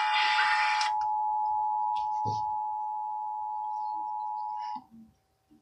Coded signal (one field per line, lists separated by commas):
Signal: Emergency Alert System (SAME) tones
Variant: 853 and 960 Hz attention tone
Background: speech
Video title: EAS Test OCT 3rd